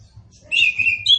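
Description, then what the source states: Orange-headed thrush song, a brief rich warbled phrase sliding downward before a final high whistled note, over a faint low rumble. Indonesian name anis kembang, also called punglor kembang; bird described as gacor and ngeplong.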